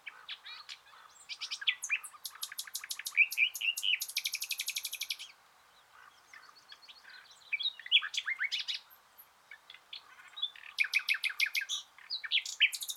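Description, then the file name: Common nightingale song with rapid repeated notes leading into a long dry buzzing trill, a short pause, then more varied chattering and whistled phrases. "Luscinia megarhynchos"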